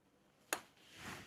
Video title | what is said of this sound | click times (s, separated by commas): How To Install AliExpress Tail Tidy on Aprilia RS660 Factory… Is It Worth It? | When you fit these in you push the protruding part and you hear a little click, that's how you know they're secure and fit correctly. | 0.5 s